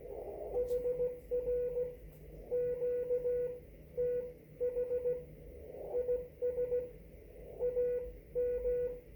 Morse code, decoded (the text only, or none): HR QTH IS AM